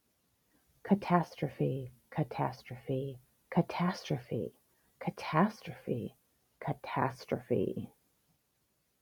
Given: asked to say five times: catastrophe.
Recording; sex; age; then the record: repeated word; female; 50 to 59 years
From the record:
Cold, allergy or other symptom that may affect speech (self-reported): no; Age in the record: 50 years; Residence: United States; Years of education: 14